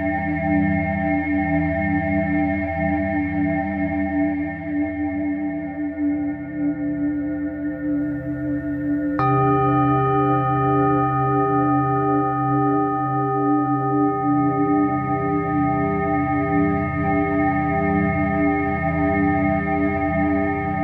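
A singing bowl hums with a steady, ringing drone made of several sustained tones layered over a low, rumbling base. Just past nine seconds a new strike adds a brighter ring, and a gently pulsing wobble continues through the rest of the sound.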